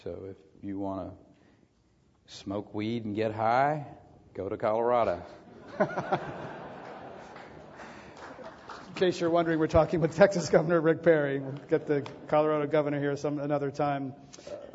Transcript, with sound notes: So if you want to smoke weed and get high, go to Colorado.
[Laughter]
In case you’re wondering we’re talking with Texas Governor Rick Perry, we’ll get the Colorado governor here another time.